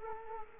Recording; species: mosquito wingbeat signal from an infrared sensor; Culex quinquefasciatus